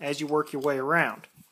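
The front half of an Edge Design aktiv aluminum case for the iPhone 4s is being worked around the edge onto its back half while someone talks. Nothing has seated or clicked yet; the halves are still being handled.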